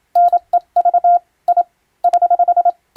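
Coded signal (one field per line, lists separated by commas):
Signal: Morse code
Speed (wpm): 27 wpm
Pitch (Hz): 700 Hz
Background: none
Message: NEV I <HH>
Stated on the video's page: Japanese-language European-text radiotelegrams sent as ship radio operator exam practice, in the style of ship-to-coast-station telegram traffic, for amateur radio receiving training.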